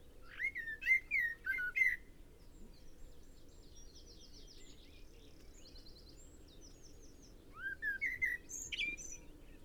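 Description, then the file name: Common blackbird whistling short slurred notes in two bursts, at the start and near the end, with thin high sounds in the quieter middle. "Turdus merula"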